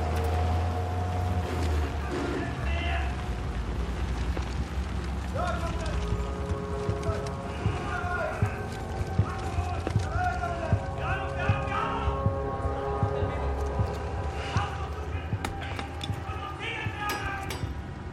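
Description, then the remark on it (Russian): At night, a truck drives up to a castle, its engine rumbling steadily and low, while a squad of German soldiers runs behind it, their boots pounding in quick, uneven footfalls, with muffled voices mixed in. “К замку подъезжает грузовик, за которым бежит наряд немецких солдат.”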